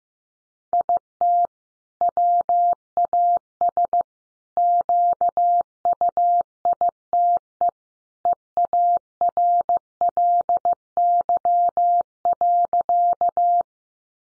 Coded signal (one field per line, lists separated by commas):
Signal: Morse code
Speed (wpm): 15 wpm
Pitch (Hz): 700 Hz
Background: none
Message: IT WAS QUITE EARLY.